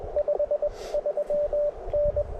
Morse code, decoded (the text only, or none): 5 3N